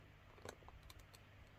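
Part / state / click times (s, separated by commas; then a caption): plastic toy building piece onto the white base piece of a construction toy / seated / 0.5 s, 0.9 s. A child presses a plastic toy building piece onto the white base piece of a construction toy, making several small, sharp plastic clicks over a faint background hum. The piece clicks into place, seating at 0.5 s and 0.9 s, with further small clicks at about 0.7 s and 1.1 s.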